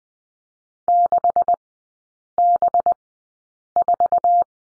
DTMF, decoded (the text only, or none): none